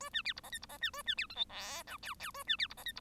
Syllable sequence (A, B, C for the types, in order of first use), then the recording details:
A B C D E F D E B A B C G H I J K K A B C D E F D. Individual Bird1